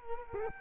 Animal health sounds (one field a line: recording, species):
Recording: mosquito wingbeat signal from an infrared sensor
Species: Culex quinquefasciatus